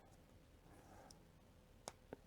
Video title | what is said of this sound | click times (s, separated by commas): Black Hole Part 11: Cabinet, Boards and Playfields Reunite! | nice solid click you know you're in | 1.9 s